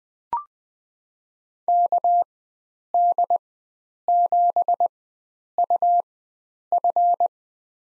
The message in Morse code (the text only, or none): KD7UF